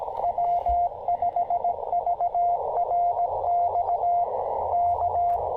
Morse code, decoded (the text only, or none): W5VRX K